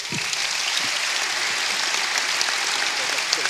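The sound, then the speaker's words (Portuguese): A crowd at a live event applauds steadily to welcome guest Luís Franco Bastos, a dense wash of clapping hands holding at a constant level throughout, with no voices rising above it. “Uma salva de palmas para Luís Franco Bastos.”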